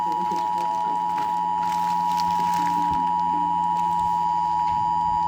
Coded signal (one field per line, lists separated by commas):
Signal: Emergency Alert System (SAME) tones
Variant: 853 and 960 Hz attention tone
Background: speech